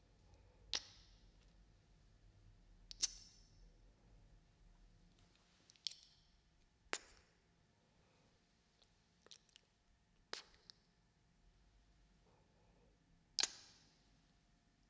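Sharp, wet kiss sounds pop out one at a time against a quiet background, about seven over the stretch, at uneven gaps of one to three seconds. Each is a brief bright smack, some with a short airy tail. A faint low hum runs underneath throughout.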